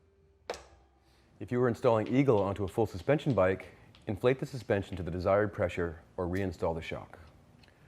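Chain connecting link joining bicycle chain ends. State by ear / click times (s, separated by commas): seated / 0.5 s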